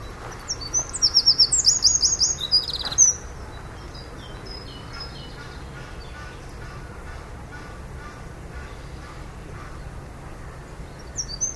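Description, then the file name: Eurasian wren song, a short burst of fast, high trills and chattering notes in the first three seconds, followed by long quiet with faint twitters. "Troglodytes troglodytes"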